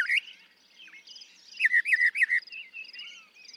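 Northern mockingbird song, a short rising whistle, then a burst of rapid warbled notes with fainter chatter in between.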